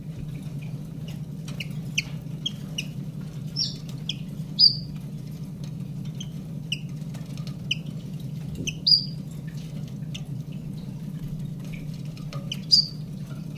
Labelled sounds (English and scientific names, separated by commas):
Common Chiffchaff (Phylloscopus collybita)